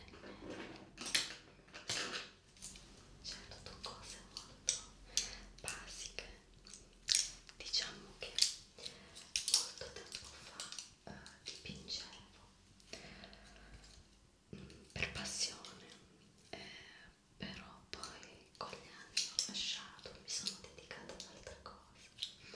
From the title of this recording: Whisper Brush Sounds